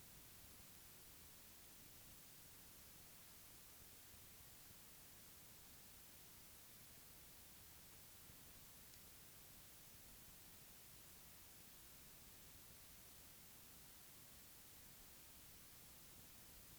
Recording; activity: daily activity, guitar pickup as the sensor; lie down